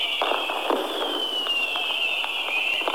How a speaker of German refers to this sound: Ja, meine Hörerinnen und Hörer, ich weiß nicht, ob Sie den akustischen Hintergrund mitbekommen. Das Knallen der Raketen